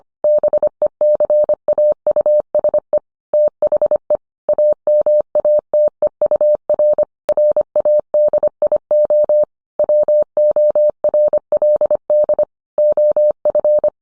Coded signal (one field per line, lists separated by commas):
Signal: Morse code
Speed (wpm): 25 wpm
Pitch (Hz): 600 Hz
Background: none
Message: BECAUSE THE AMATEUR RADIO WORLD OF